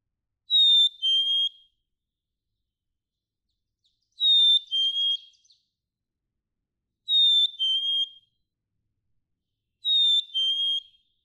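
Black-capped chickadee song, a sweet descending two-note whistle repeated four times about three seconds apart, otherwise quiet.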